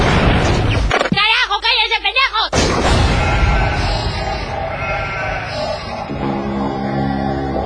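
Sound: sheep bleating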